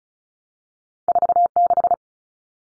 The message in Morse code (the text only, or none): 46